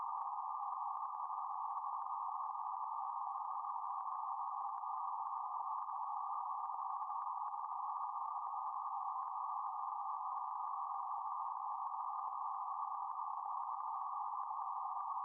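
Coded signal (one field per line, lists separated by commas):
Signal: PSK31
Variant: BPSK31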